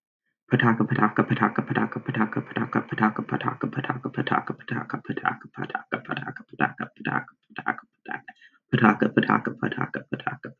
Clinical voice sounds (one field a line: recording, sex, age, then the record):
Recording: repeated syllables /pa ta ka/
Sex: male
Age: 20 to 29 years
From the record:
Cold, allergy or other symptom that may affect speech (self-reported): no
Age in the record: 23 years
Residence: Pennsylvania, United States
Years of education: 16